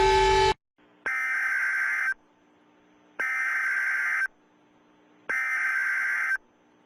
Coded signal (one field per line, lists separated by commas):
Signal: Emergency Alert System (SAME) tones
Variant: header bursts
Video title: EAS Alarms of the World